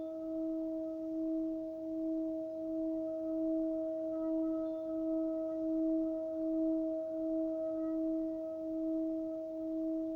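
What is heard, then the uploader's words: A Tibetan bell rings on in a long, sustained hum, one low tone with a brighter, steadier overtone held above it. The low tone swells and fades in slow, regular pulses about twice a second, while faint higher partials flicker in and out. Crown Chakra Tibetan Bells. Sounds of Tibetan bells.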